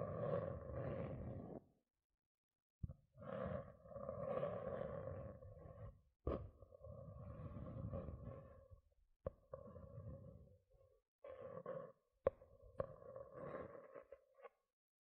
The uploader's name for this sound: Tingly Gentle Scratching Sounds